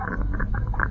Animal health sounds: poultry house recording; sick chickens (respiratory disease)

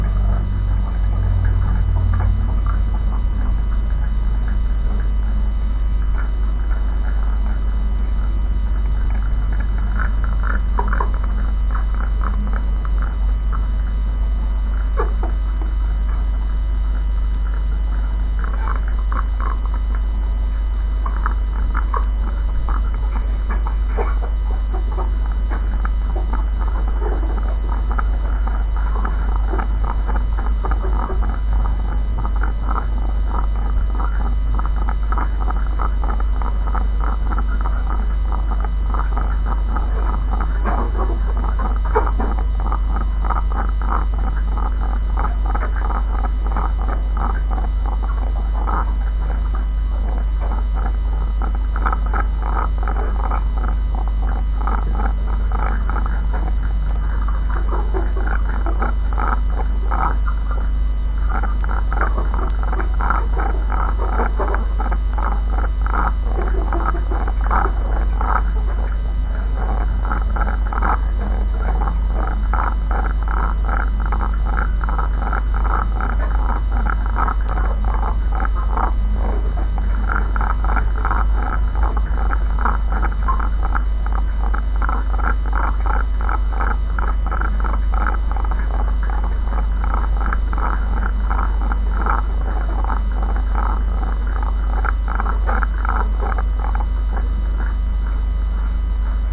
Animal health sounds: poultry house recording; sick chickens (respiratory disease)

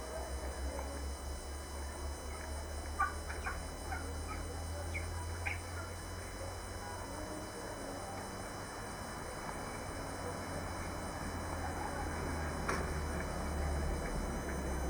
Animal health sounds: poultry house recording; healthy chickens

